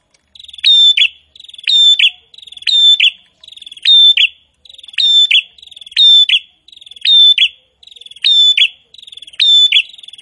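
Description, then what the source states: Prinia repeating the same bright, buzzy phrase about ten times at an even pace, each a quick trill finishing on an accented note. Prinia song described as gacor (vigorous, nonstop singing).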